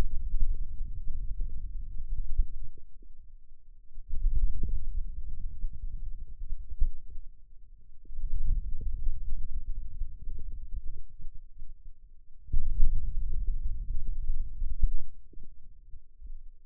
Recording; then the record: forearm muscle sounds (acoustic myography)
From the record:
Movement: wrist extension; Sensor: system 2, bracelet of six BSWA MPA416 microphones around the upper forearm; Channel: 2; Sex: male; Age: 22 years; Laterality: right